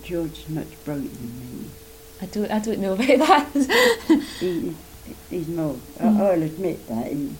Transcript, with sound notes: George is much brighter than me.
I don't know about that. [laughs]
He's more, I'll admit that.